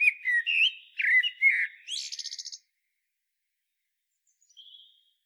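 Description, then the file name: Common blackbird gives one rich, fluting phrase that breaks into a rapid squeaky trill, then a single faint high note after a pause. "Turdus merula"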